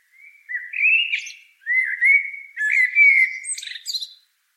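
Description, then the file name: Common blackbird singing an unhurried series of three rich, fluted whistled phrases, some tipped with a scratchy high squeak. "Turdus merula"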